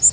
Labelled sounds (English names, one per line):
Northern Waterthrush flight call